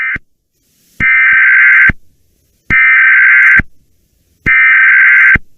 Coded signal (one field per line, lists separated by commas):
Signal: Emergency Alert System (SAME) tones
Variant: header bursts